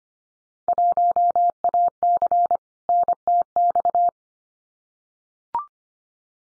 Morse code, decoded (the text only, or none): 1AC NTX